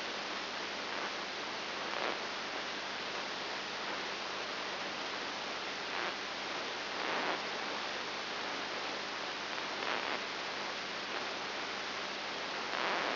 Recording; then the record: brain microelectrode recording played as sound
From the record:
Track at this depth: inside the subthalamic nucleus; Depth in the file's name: 4.502 mm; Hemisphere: left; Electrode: 3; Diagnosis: Parkinson's disease